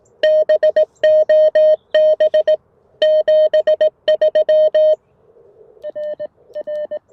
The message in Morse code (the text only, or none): BOB 73 R R